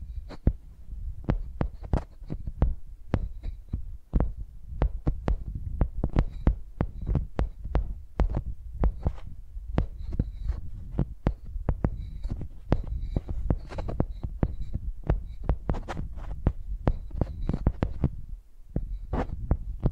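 Microphones are used like pencils, knocking and dragging against a surface. Sharp taps arrive unevenly, often two or three per second, over a steady low rumble. Faint scratchy squeaks drift in between the taps, mostly during the middle stretch.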